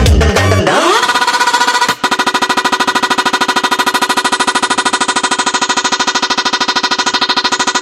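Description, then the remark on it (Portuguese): Motorcycle engines rev loudly at a live band's Bolero event, the pitch climbing in the first moment and then holding at a high, steady roar with a rapid, rattling pulse, a brief dip near two seconds. “Aqui com as motos fazendo”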